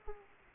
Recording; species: mosquito wingbeat signal from an infrared sensor; Aedes aegypti